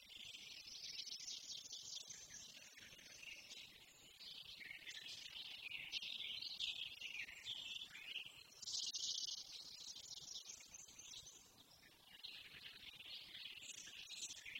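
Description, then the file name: Eurasian blackcap singing a long, busy warble of rapid high notes, varied phrases running almost without pause. "Sylvia atricapilla"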